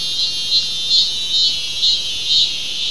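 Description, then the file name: Insect call: a high, hissing buzz that swells into soft pulses roughly twice per second, over a constant high insect hum. "mainly insect"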